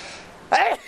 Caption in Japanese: くしゃみが出る、。 くしゃみが出ました。 空気やっぱ悪いね。